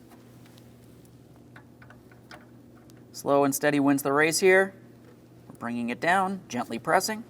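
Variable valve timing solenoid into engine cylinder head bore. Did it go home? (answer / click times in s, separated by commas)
no / none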